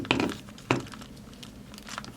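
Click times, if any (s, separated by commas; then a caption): 0.1 s, 0.7 s. A plastic trooper figure, with its blaster removed, is pushed into the opened cockpit of a plastic Star Wars Darth Vader Ultimate Mech Suit toy. Two sharp plastic clicks sound at 0.1 s and 0.7 s, followed by quieter rustling handling noises. The figure snaps into place and is seated in the mech suit.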